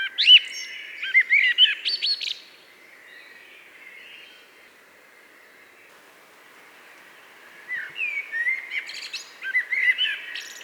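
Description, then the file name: Common blackbird singing short fluty phrases with chirpy twitters, a burst at the start, several seconds of near silence, then another warbled phrase at the end. "Turdus merula"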